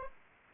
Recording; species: mosquito wingbeat signal from an infrared sensor; Anopheles arabiensis